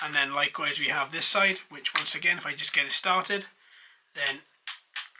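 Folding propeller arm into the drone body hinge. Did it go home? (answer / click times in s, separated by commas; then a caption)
yes / 4.7 s, 5.0 s. A man talks while starting to unfold the plastic propeller arm of a small foldable GoolRC X12 toy quadcopter, a Mavic Air clone, out from its hinge in the drone body. Two sharp clicks at 4.7 s and 5.0 s are heard as the arm snaps into its open position, and it is seated.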